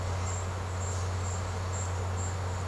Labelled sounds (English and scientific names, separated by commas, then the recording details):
none
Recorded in secondary vegetation near Puerto Asís, Putumayo, Colombia, on 19 March 2025 at 16:00
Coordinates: 0.468, -76.324
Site G059